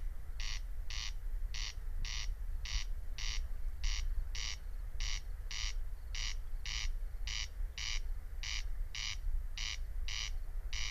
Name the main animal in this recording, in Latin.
Crex crex